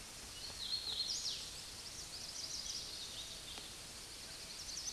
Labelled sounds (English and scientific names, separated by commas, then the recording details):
Hooded Warbler (Setophaga citrina) song
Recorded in a Pennsylvania forest on 16 May 2024 at 08:55
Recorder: AudioMoth, point MSD-2257
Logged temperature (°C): 16.0 °C
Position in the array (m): 104 m, 54 m